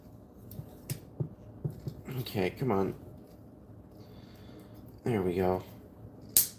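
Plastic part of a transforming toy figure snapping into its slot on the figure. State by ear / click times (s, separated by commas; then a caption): seated / 6.4 s. A very tight plastic part of a transforming toy robot figure is forced during transformation while someone talks, with small handling clicks and rustles along the way. The part snaps into its slot with one sharp, loud click at 6.4 s, and it is seated as it needed to be.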